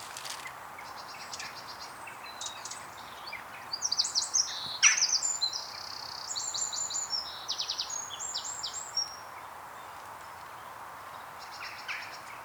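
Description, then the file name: Eurasian wren singing a long, high-pitched run of rapid trills and sharp chattering notes, loudest in the middle, over steady background hiss. "Troglodytes troglodytes"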